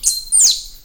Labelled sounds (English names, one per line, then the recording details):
Stitchbird song
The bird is a male
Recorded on Tiritiri Matangi Island, New Zealand, in 2005
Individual 16, of nest box 24